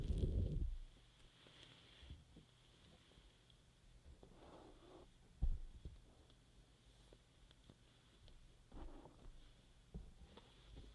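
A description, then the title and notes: Close, soft rubbing and stroking sounds from an ear massage, with a heavy thump at the very start and another bump around five and a half seconds. Gentle scrubbing bursts return near four and nine seconds over a faint steady hum. ASMR Scrub Ear Massage & Moisturizing Care Rubbing, Stroking, Cleansing, Tapping (No Talking).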